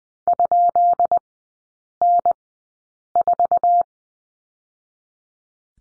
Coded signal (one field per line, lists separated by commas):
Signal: Morse code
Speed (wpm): 20 wpm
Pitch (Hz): 700 Hz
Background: none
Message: ?N4